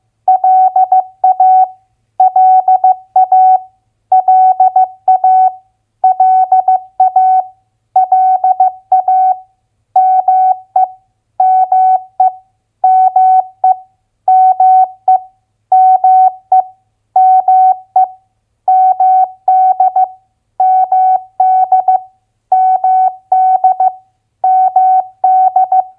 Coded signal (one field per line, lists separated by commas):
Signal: Morse code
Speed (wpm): 15 wpm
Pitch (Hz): 750 Hz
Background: none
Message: LA LA LA LA LA ME ME ME ME ME ME MD MD MD MD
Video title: Morse Code Head Copy - US State Abbreviations at 15wpm